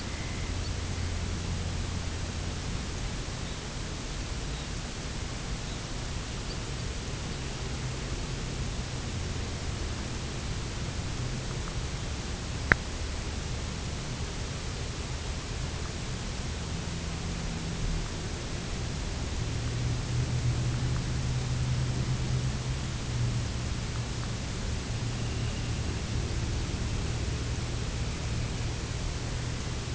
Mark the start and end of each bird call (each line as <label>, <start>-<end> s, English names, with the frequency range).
Dunlin (1.6-2.9 kHz), 0.06-1.47 s
Red Phalarope (4.1-4.8 kHz), 0.56-0.71 s
Red Phalarope (3.3-4.2 kHz), 3.40-3.65 s
Red Phalarope (3.4-4.2 kHz), 4.47-4.68 s
Red Phalarope (3.5-4.4 kHz), 5.63-5.80 s
Red Phalarope (4.2-5.0 kHz), 6.45-6.86 s
Red Phalarope (4.2-5.0 kHz), 7.25-7.39 s
Dunlin (1.7-3.3 kHz), 24.71-29.59 s